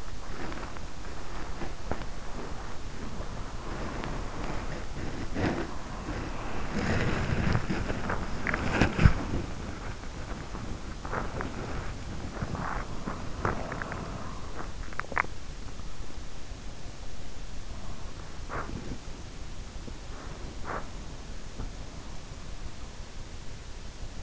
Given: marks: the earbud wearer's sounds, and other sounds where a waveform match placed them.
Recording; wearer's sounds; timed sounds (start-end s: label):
sounds in sleep by an in-ear microphone; body movement, swallowing
0.00-14.28 s: body movement
14.28-15.80 s: swallowing
17.44-23.00 s: body movement